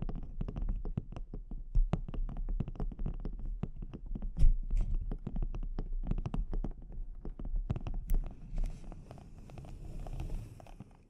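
Delicate scratching and tapping on a microphone, a dense run of small irregular clicks and scrapes that continues throughout. A low rumbling hum sits underneath, and sharper taps stand out near two, four and a half, and eight seconds. Near the end, a softer, airy hiss takes over.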